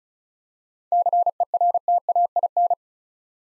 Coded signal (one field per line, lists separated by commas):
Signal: Morse code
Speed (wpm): 36 wpm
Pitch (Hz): 700 Hz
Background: none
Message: CERTAIN